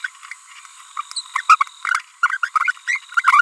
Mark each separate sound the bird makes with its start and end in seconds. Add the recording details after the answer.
1.16-1.21, 1.35-1.41, 1.49-1.56, 1.60-1.63, 1.85-2.00, 2.23-2.37, 2.43-2.48, 2.56-2.71, 2.88-2.98, 3.12-3.42. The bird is a female. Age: 30 days. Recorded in a nest box in Venezuela. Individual 17B42B3